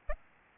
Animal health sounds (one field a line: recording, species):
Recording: mosquito wingbeat signal from an infrared sensor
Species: Aedes albopictus